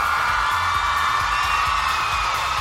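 A steady wall of crowd cheering and applause celebrating 14 years on air, with high whoops rising above it and a rhythmic low thumping underneath, loud and unbroken throughout.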